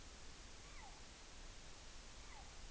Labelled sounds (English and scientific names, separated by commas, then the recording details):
Morepork (Ninox novaeseelandiae) weow call
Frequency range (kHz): Morepork (Ninox novaeseelandiae) 0.6-2.8 kHz
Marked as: faintness 5/5
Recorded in New Zealand on 14 June 2013
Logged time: 02:27
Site Ponui